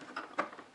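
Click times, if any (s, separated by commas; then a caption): 0.4 s. The plated lock on a reissued toy attache case is worked into its catch, giving a few small clicks before a sharper click at 0.4 s as it latches shut and locks in place.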